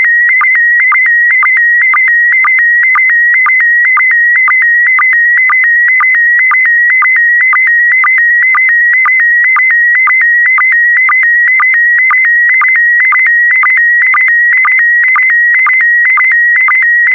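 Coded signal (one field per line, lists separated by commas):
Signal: SSTV (slow-scan television)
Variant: PD120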